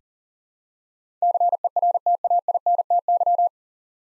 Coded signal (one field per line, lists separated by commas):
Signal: Morse code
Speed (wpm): 40 wpm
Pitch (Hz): 700 Hz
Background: none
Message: CERTAINTY